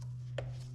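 A rivet removal tool's die is turned one full rotation against the brass rivet holding the brake pad lining to its backing plate on an RV-12 brake, over a steady low hum. A single sharp pop at 0.4 s marks the rivet breaking through and being pushed out of the backing plate.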